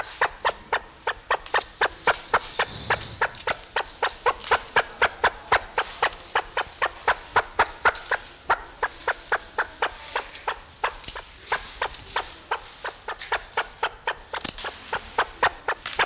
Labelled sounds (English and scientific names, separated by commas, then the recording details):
Great Argus (Argusianus argus) call
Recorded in captivity
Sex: male
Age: adult
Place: Zoo Berlin, Berlin, DE
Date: 1994-01-08
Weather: wolkig bis sonnig, 6°C
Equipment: Marantz CP 430, Sennheiser MKH 416 T, Kopie Uher Variocord 263
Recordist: Tembrock, Günter